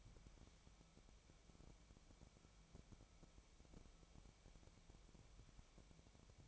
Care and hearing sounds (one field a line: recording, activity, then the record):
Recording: daily activity, microphone in the room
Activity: wipe stove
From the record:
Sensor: 1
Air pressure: 1001.7 hPa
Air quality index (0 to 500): 218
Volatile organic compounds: 27 ppm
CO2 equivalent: 2900 ppm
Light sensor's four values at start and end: 7/28/10/11 and 7/28/10/11